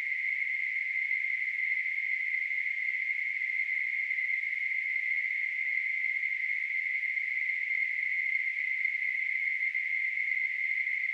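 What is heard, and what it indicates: Simulated tinnitus: a steady, continuous narrowband hissing tone centred around 2 kHz, with a fainter band near 4 kHz, holding an even level throughout.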